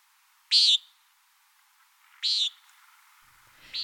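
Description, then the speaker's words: Common Nighthawk giving short, buzzy, nasal single notes, three calls spaced well over a second apart, with near silence between them. Breeds in Utah. "Another Utah breeder is the common nighthawk, which sounds like this."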